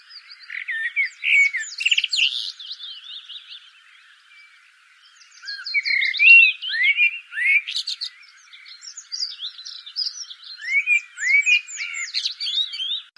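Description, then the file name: Common blackbird singing dense, warbled phrases of swooping whistles broken by high squeaky twitters, with brief quieter gaps between bursts. "Turdus merula"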